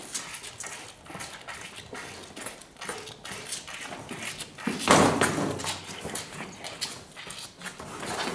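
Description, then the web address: Cattle: calves suckling in quick, wet slurps, with one louder, longer burst near the middle before the sucking resumes. "The BBC Sound Effects Library. Calves Suckling"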